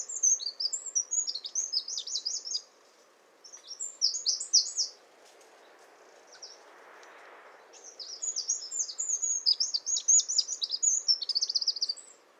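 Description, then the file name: Eurasian wren singing: three loud, rapid bursts of high trilling and warbling notes, separated by quiet gaps. "Troglodytes troglodytes"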